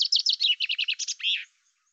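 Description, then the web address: Common chaffinch singing a quick series of sharp repeated notes, mostly stepping downward, finishing with a slurred end phrase; no other sounds. "Deverinetal 2025 File cleaned normalized Bird Fr Co"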